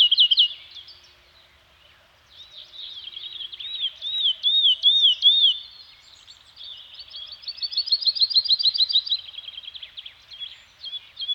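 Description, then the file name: Bird singing high, wavering whistled notes, then a fast series of repeated chirps, with faint twittering behind. Birds singing in a Scandinavian forest. "Nature Soundscape - Scandinavian Forest Environment with Birds Singing"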